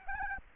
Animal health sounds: mosquito wingbeat signal from an infrared sensor; Anopheles arabiensis

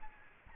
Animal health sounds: mosquito wingbeat signal from an infrared sensor; Aedes albopictus

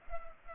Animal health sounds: mosquito wingbeat signal from an infrared sensor; Culex pipiens

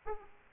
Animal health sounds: mosquito wingbeat signal from an infrared sensor; Aedes aegypti

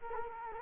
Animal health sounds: mosquito wingbeat signal from an infrared sensor; Culex quinquefasciatus

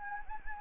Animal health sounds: mosquito wingbeat signal from an infrared sensor; Anopheles gambiae

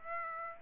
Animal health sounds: mosquito wingbeat signal from an infrared sensor; Aedes aegypti

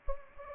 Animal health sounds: mosquito wingbeat signal from an infrared sensor; Anopheles gambiae

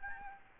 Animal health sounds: mosquito wingbeat signal from an infrared sensor; Aedes albopictus

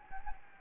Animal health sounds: mosquito wingbeat signal from an infrared sensor; Anopheles gambiae

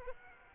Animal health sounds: mosquito wingbeat signal from an infrared sensor; Aedes aegypti

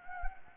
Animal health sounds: mosquito wingbeat signal from an infrared sensor; Anopheles gambiae

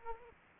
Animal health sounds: mosquito wingbeat signal from an infrared sensor; Aedes aegypti

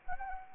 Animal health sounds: mosquito wingbeat signal from an infrared sensor; Anopheles arabiensis

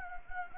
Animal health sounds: mosquito wingbeat signal from an infrared sensor; Anopheles gambiae

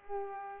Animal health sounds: mosquito wingbeat signal from an infrared sensor; Culex pipiens

